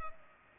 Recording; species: mosquito wingbeat signal from an infrared sensor; Culex pipiens